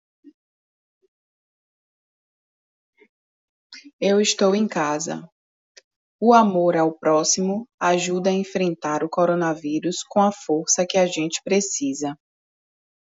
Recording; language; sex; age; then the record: spoken sentence; Brazilian Portuguese; female; 30 to 39 years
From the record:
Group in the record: control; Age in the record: 34 years